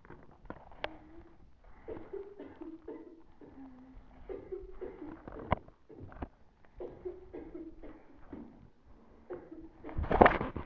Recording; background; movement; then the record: deep breathing; a bystander coughing; sitting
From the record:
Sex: female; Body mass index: 18.8 kg/m2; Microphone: on the chest, facing the body